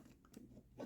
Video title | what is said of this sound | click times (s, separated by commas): Dream Star's Hook is a Quadruple Changer! 😲 | So, so cool. Now it's locked into place on that grave bit. | 0.8 s